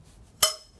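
A second hitch pin, started on the back side of a pole, is pushed through the pole hole and snapped closed. A single sharp, bright click at 0.4 s rings briefly and fades within about a tenth of a second, with quiet before and after. The pin is seated.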